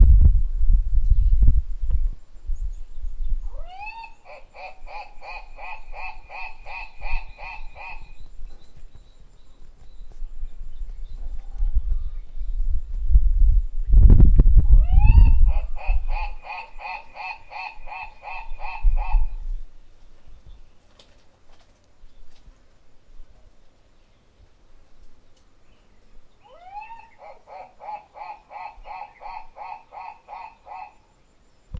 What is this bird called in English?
White-crested Turaco